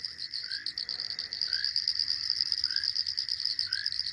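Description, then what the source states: Frogs chorus at night: a dense, steady high pulsed trill, plus short rising chirps repeated about once a second. Evening chorus of several amphibian species in the savanna in Kenya at nightfall.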